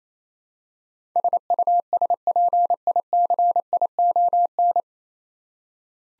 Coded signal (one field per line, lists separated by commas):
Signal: Morse code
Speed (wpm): 28 wpm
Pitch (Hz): 700 Hz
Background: none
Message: SUSPICION